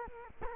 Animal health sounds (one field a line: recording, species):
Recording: mosquito wingbeat signal from an infrared sensor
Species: Culex quinquefasciatus